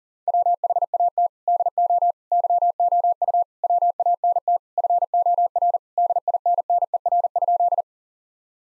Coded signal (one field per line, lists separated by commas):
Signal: Morse code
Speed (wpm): 40 wpm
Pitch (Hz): 700 Hz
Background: none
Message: WHAT DO YOU WANT FOR DINNER?